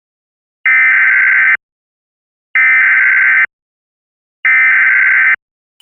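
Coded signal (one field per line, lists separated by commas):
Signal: Emergency Alert System (SAME) tones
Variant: header bursts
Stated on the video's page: Mock EAS alert, not a real activation.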